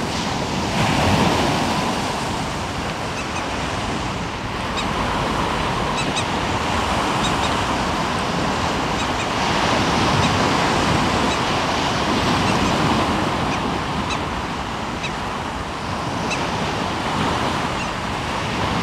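Waves wash along the Omø coastline in a dense, continuous rush that swells gently, rising around the one-second mark and again near ten seconds. Faint, short bright ticks, possibly bird calls, appear now and then above the surf, with a low wind rumble underneath.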